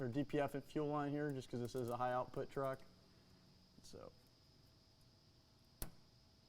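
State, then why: Seated. Someone talks while a DPF fuel line quick-connect coupling is pushed onto the fitting of an S&B 68-gallon fuel tank on a high-output 2017-27 Ford Powerstroke 6.7L Crew Cab Long Bed. After a quiet stretch, a single sharp click is heard at 5.8 s as the coupling seats home.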